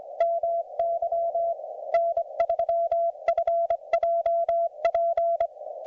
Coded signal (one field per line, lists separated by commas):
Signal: Morse code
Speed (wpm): 25 wpm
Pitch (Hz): 690 Hz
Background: none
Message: MY N3FJP